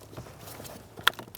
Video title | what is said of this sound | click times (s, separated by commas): How to Replace Multi-Purpose Relay 2003-2007 Honda Accord | Make sure it clicks. | 1.1 s